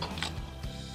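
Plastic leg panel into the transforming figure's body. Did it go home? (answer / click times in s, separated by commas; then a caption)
no / none. A plastic leg panel is wrapped around and pressed onto its peg on the body of a Transformers Legacy Evolution Deluxe Class Needlenose figure during transformation, with music playing throughout. Brief handling noises are heard around 0.0 s and 0.2 s. Nothing has seated or clicked yet.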